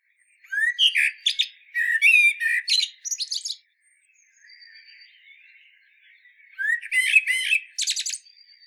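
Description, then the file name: Common blackbird song phrases: short low warbled notes followed by high squeaky twitters, two bursts separated by a quiet gap with faint softer chatter. "Turdus merula"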